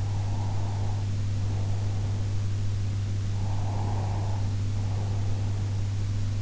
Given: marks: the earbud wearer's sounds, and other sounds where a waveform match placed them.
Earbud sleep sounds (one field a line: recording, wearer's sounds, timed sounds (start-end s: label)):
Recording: sounds in sleep by an in-ear microphone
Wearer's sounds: breath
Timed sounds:
0.00-2.51 s: breath
3.34-5.86 s: breath